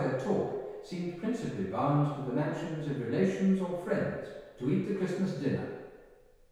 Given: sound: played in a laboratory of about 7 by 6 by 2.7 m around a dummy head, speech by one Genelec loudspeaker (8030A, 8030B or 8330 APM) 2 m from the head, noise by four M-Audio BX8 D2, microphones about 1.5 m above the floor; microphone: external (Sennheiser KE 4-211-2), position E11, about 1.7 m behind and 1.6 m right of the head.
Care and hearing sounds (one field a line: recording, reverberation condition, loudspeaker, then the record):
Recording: male speech in English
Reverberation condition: high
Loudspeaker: 120 degrees to the left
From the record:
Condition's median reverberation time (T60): about 1300 ms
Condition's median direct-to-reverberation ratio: about -4.0 dB